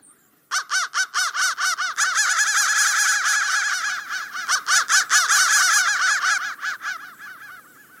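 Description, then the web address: Crow caws, processed: rapid repeated harsh arched notes merging into a dense layered stretch, then thinning out at the end. "soundfactory crow"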